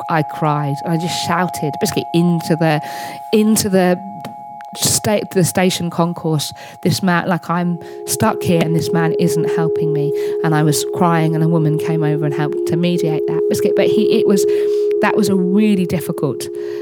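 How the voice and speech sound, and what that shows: An adult woman with Tourette syndrome speaks fluently and with emotion while the unrelated word "biscuit" twice breaks abruptly into her sentences. These repeated out-of-context words are vocal tics of Tourette syndrome; her frequent vocal tics are mainly "biscuit" and "hedgehog". A steady electronic tone hums in the background.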